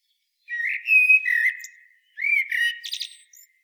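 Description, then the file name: Eurasian blackbird song: two short phrases of low, mellow whistles, the second closing with a thin squeaky chatter. "Turdus merula"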